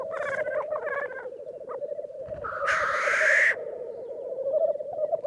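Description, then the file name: Black grouse, steady low bubbling cooing throughout, with a few short harmonic calls at the start and one long harsh hissing sneeze near the middle. "Digiffects Sound Effects Library - Black Grouse Bird"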